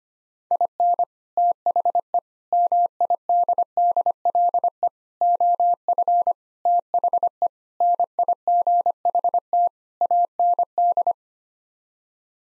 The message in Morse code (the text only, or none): IN THE MIDDLE OF THE NIGHT AND